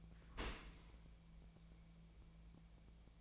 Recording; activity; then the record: daily activity, microphone in the room; open dishwasher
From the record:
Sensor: 1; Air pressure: 1000.5 hPa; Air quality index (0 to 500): 182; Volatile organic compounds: 4 ppm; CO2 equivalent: 1671 ppm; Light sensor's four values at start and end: 11/26/11/12 and 11/26/11/12